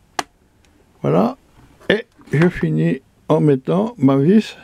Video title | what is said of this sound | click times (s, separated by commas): remplacement câble accélérateur tronçonneuse JONCERED CS 2245 ou HUSQUVARNA X-TORQ | Ici, c'est clipsé. | 0.2 s